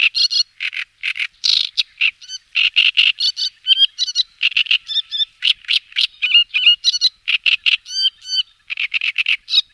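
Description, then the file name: Great reed warbler song: loud, harsh, croaking phrases of grating and squeaky notes repeated rapidly and almost continuously. "drosselrohrsaenger vogelatlas 3"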